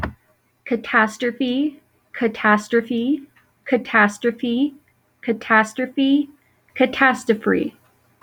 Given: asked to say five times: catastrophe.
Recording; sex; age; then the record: repeated word; female; 20 to 29 years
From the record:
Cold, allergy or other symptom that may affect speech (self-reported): no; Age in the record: 29 years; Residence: Colorado, United States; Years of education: 19